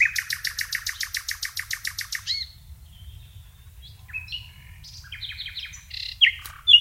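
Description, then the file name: Common nightingale song opening with a fast, steady series of throbbing notes, followed by softer scattered chirps and sharp whistles. "Luscinia megarhynchos"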